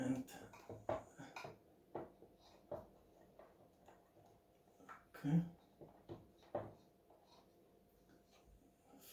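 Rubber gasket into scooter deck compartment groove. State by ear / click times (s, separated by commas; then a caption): seated / 6.5 s. A rubber gasket around the front compartment of a NIU KQi Air scooter deck is pressed into its groove, with scattered sharp handling knocks and someone talking. One sharp hit at 6.6 s marks the gasket snapping into place, seated.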